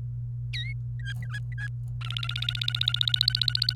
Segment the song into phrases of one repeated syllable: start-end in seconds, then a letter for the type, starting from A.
0.53-0.73 A, 0.99-1.68 B, 2.01-3.73 C